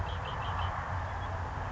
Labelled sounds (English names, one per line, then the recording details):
Red-winged Blackbird
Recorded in Sonoma County, California